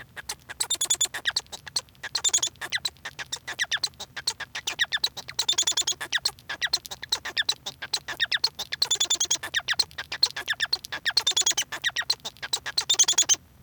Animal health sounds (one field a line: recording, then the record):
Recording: song of a male Bengalese finch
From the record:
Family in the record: son of father 1